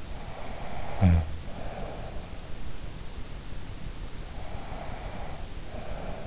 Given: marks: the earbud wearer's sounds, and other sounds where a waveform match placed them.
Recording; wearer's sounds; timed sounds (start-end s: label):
sounds in sleep by an in-ear microphone; snoring breath, breath
0.27-2.29 s: snoring breath
4.28-6.26 s: breath